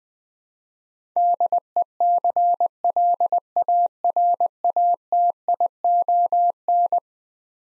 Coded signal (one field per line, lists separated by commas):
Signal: Morse code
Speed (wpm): 20 wpm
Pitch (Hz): 700 Hz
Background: none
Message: DECLARATION